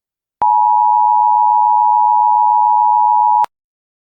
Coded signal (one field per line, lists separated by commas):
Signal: Emergency Alert System (SAME) tones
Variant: 853 and 960 Hz attention tone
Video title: EAS Scenario: The Underground Monster [FULL]